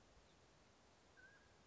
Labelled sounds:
Mountain Quail

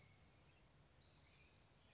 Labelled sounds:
Spotted Towhee

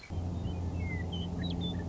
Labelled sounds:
Western Meadowlark

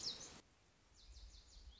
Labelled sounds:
Lazuli Bunting

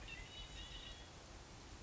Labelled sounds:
Red-winged Blackbird

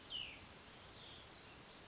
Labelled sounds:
Cassin's Vireo

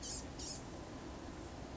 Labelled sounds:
Blue-gray Gnatcatcher

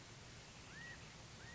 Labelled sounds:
California Quail

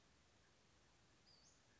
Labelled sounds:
Western Flycatcher

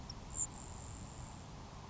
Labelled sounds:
Grasshopper Sparrow

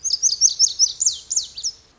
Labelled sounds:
Lazuli Bunting

